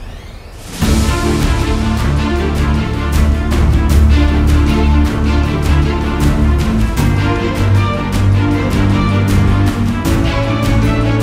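Epic music bursts in after a brief soft hiss, with deep sustained tones and a thick low layer that hold steady throughout. Sharp drum hits strike at a fairly regular pace, roughly twice a second, over a dense, loud wash.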